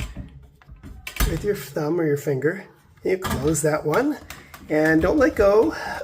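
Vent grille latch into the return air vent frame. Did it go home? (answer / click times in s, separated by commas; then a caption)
yes / 1.1 s. After a filter swap, a hinged return-air intake vent grille is swung back up and its latch is pressed shut with a thumb into the vent frame, giving a sharp snap at 1.1 s after a few faint taps. Someone talks through the rest of the clip, and the latch is seated.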